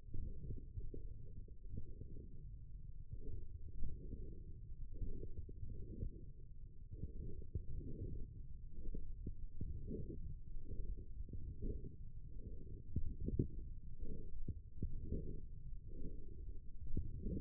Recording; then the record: forearm muscle sounds (acoustic myography)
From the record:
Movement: forearm supination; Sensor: system 1, eight BSWA MPA416 microphones around the upper forearm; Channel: 4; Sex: male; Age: 20 years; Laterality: left